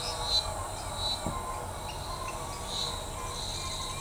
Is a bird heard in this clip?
no